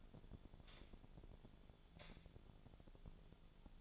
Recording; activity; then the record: daily activity, microphone in the room; light on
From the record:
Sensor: 5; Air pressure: 1009.9 hPa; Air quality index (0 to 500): 157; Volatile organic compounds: 3 ppm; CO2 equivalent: 1532 ppm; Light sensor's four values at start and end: 193/488/202/217 and 193/490/202/218